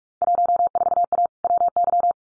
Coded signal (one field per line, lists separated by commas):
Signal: Morse code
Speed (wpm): 44 wpm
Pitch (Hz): 700 Hz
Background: none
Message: 14A WY